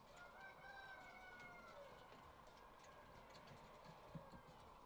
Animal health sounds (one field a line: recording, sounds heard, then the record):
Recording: poultry house recording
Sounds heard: healthy chickens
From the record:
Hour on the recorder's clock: 18